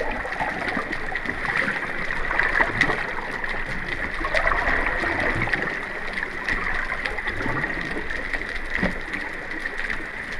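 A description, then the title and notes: Underwater sounds from a scuba dive: a steady, dense wash of gurgling and bubbling water fills the whole clip at an even level. A bright hiss sits over the top, with frequent small clicks and pops and soft low rumbles scattered throughout. Scuba Diving: Relaxing Sounds of Underwater Serenity. This episode features only natural soundscapes with no dialogue or voice. The calming sounds of scuba diving.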